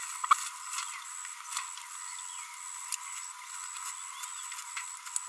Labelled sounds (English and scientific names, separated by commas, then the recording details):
Green-rumped Parrotlet (Forpus passerinus) babbling
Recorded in a nest box in Venezuela
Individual 18B25A5